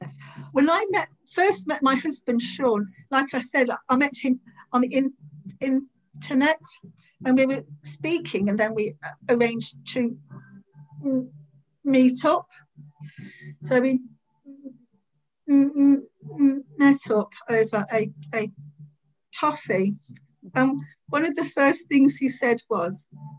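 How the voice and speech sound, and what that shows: A woman in her late fifties tells a story in otherwise fluent speech broken by long silent stoppages, up to nearly three seconds, before words. She repeats a word ("in… in") and stretches some sounds. These are blocks, repetitions and prolongations typical of stuttering, a stammer she has had since about age 3 and that worsens when she is anxious.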